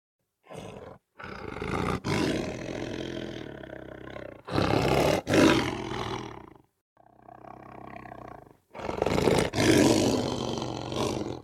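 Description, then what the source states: Lion giving breathy, rumbling roars in five bursts of half a second to about three seconds each, separated by brief silences, with sharp clicks within several bursts. Soft roar.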